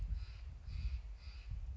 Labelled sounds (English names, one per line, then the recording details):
Steller's Jay
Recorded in Sonoma County, California